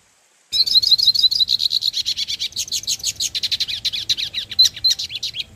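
Hooded siskin song, a long continuous stream of fast, high twittering notes and trills.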